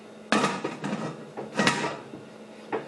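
A metal pressure cooker lid, turned around, is set on the pot and twisted until it locks on. Sharp metallic contact hits ring out at about 0.3 s and 1.7 s, with softer scraping hits between and a light tap near 2.7 s. The lid seats and locks into place.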